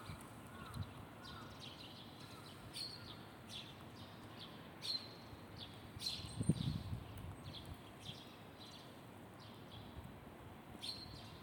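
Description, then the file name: Birds chirping, brief high notes repeated irregularly, over a constant low rush of flowing water. Birds in a forest beside a river. "freesound Forest river and birds"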